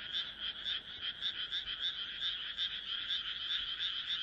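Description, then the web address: Chorus of frogs producing rapid, overlapping croaks that merge into a throbbing hum. "kaeru kaeru"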